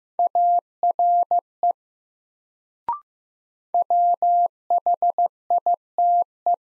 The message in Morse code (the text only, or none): ARE WHITE